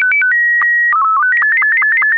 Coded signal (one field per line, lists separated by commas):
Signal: SSTV (slow-scan television)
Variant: Robot 24